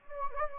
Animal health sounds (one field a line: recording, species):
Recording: mosquito wingbeat signal from an infrared sensor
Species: Anopheles gambiae